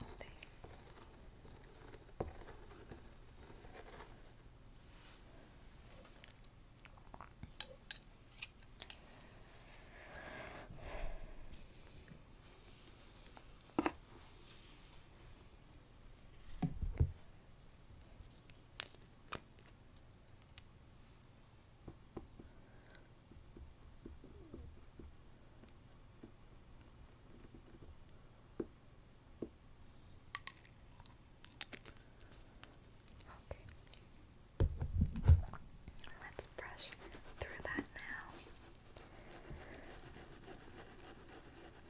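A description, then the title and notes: A scalp massage: soft rubbing and scratching of fingers through hair over a quiet low hum. Short crisp clicks and brushy bursts come at irregular moments, with fuller rubbing around 11, 17 and 35 seconds, and a sharp tap near 8 seconds. ASMR Relaxing Scalp Massage.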